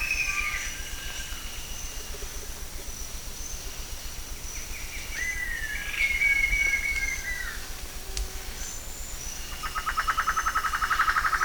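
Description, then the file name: Bird calls: several slurred whistles rising then falling, a pause, then a fast buzzy trill near the end, over a constant high-pitched drone. "SABIOD 50 bird 2015"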